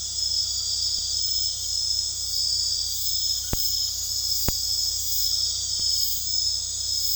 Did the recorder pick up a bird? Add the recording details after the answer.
no. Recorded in dense forest near Puerto Asís, Putumayo, Colombia, on 18 February 2024 at 23:00. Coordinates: 0.485, -76.322. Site G6406